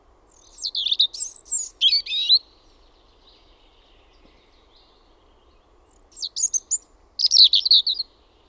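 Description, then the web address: European robin delivering two high, rapid, jangling song phrases separated by a silent pause of about three and a half seconds, against a quiet background. "Linnut PUNARINTA"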